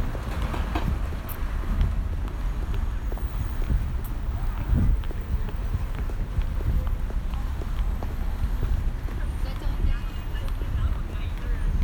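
A field recording at Colin Siyuan Chinnery's sound piece 'Window Pain', with a steady, dense low rumble throughout. Faint voices and scattered knocks and taps come and go, with a brief sharp click near four seconds and a thump around five seconds.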